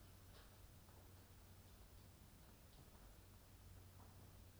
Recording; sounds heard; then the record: poultry house recording; no chicken sound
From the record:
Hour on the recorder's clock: 22